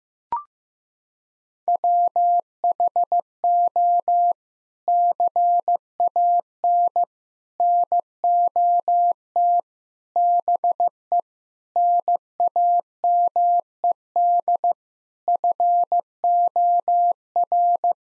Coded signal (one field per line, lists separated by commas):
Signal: Morse code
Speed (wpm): 16 wpm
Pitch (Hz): 700 Hz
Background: none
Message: WHO CAN NOT BE NAMED FOR